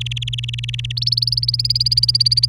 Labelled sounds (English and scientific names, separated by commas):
Domestic Canary (Serinus canaria) song